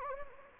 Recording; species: mosquito wingbeat signal from an infrared sensor; Anopheles gambiae